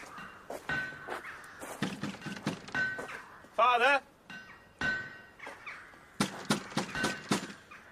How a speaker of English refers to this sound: He shut the door against us.